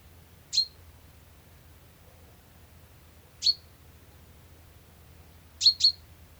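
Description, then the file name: Common chaffinch calling with short, bright, metallic notes, two single notes about three seconds apart and then a quick double note, over a quiet low hum. "Fringilla coelebs"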